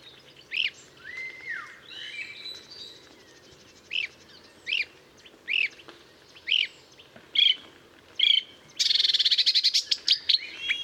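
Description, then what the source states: Marsh warbler singing, short sharp notes with a few slurred whistles, then a rapid dense chattering phrase near the end. Recorded at Murnauer Moos on 7 July 2013.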